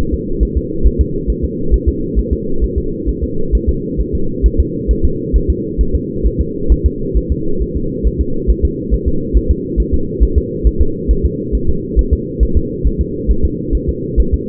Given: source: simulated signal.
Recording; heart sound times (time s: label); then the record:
fetal heart sounds
0.14 s: S2
0.43 s: S1
0.57 s: S2
0.87 s: S1
1.01 s: S2
1.30 s: S1
1.44 s: S2
1.74 s: S1
1.88 s: S2
2.19 s: S1
2.33 s: S2
2.64 s: S1
2.78 s: S2
3.09 s: S1
3.24 s: S2
3.55 s: S1
3.69 s: S2
4.01 s: S1
4.15 s: S2
4.46 s: S1
4.60 s: S2
4.91 s: S1
5.05 s: S2
5.36 s: S1
5.50 s: S2
5.81 s: S1
5.95 s: S2
6.26 s: S1
6.41 s: S2
6.72 s: S1
6.86 s: S2
7.17 s: S1
7.32 s: S2
7.62 s: S1
7.77 s: S2
8.07 s: S1
8.21 s: S2
8.50 s: S1
8.65 s: S2
8.94 s: S1
9.08 s: S2
9.37 s: S1
9.51 s: S2
9.80 s: S1
9.94 s: S2
10.23 s: S1
10.38 s: S2
10.67 s: S1
10.81 s: S2
11.11 s: S1
11.25 s: S2
11.55 s: S1
11.69 s: S2
11.99 s: S1
12.13 s: S2
12.43 s: S1
12.57 s: S2
12.87 s: S1
13.01 s: S2
13.31 s: S1
13.45 s: S2
13.75 s: S1
13.89 s: S2
14.20 s: S1
14.34 s: S2
From the record:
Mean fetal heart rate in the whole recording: 135 bpm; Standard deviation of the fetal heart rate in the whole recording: 3 bpm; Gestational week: 34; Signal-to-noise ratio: -8.1 dB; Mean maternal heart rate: 72 bpm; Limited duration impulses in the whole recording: absent